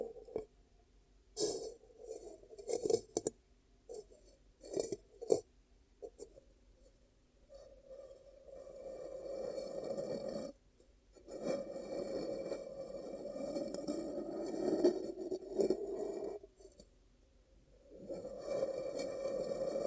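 Ear cupping ASMR sounds: a muffled, low rushing hum swells in long stretches, from about 7 to 10 seconds, 11 to 16, and again near the end. Earlier, short soft thumps and crackly taps come in bursts, with brief silences between them.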